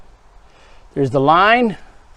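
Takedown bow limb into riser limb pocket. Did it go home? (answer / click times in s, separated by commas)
no / none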